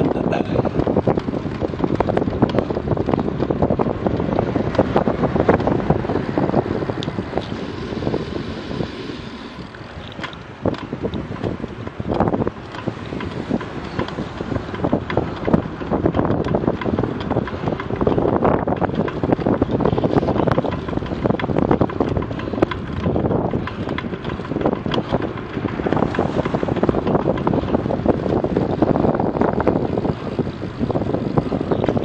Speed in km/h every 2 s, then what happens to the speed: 27, 26, 23, 14, 14, 19, 22, 23, 23, 22, 24, 25, 25, 22, 19, 20.
0-6 slows to 14. 6-14 speeds up to 23. 14-23 steady at about 23. 23-28 slows to 19.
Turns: none.